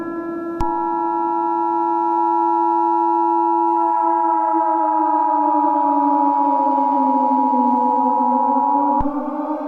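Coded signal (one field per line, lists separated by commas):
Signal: Emergency Alert System (SAME) tones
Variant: 853 and 960 Hz attention tone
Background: music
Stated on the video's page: Fictional EAS scenario; simulated.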